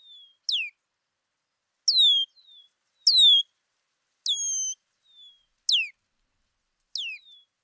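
Red-winged blackbird calling with sharp, falling whistles, some with a thin trailing note, spaced roughly a second apart over quiet surroundings.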